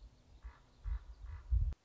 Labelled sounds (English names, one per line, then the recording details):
Common Raven
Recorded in Sonoma County, California